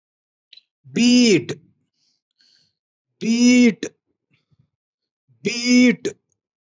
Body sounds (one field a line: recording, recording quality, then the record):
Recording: sustained vowel as in beet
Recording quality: moderate, slight background noise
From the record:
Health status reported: healthy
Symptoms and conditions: none ticked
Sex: male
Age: 35 years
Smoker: not ticked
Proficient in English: yes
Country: India